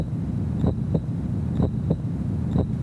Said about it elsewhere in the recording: You're listening to the sound of an actual heart beating outside of a human body. Thanks to modern technology, a doctor can now keep a donor heart beating until it's ready to be transplanted into its recipient.